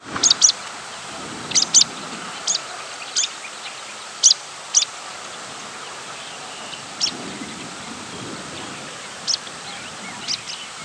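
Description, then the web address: Sprague's pipit giving thin, very high squeaky notes, single or in quick pairs at irregular intervals, over a steady background hiss. "pipits sppi"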